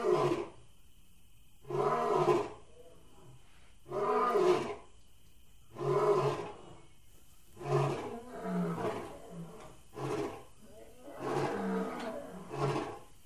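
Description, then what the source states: Big cat roaring in a series of rasping bursts, about one every two seconds, with a steady faint tone behind. Big cat house.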